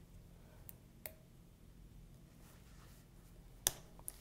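A snap fastener die is fitted into a crystal applicator hand tool using two hands, its hole placed over a notch. A few faint ticks are heard, then a sharp click at 3.7 s as the die snaps into place and is seated, followed by a smaller click just after 4.0 s.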